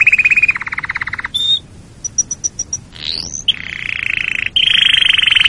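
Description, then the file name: Canary song: rapid trilled rolls, a high pure note, a string of thin high ticks, a rising sweep, then long buzzy rattling trills. "canarysong omkicau"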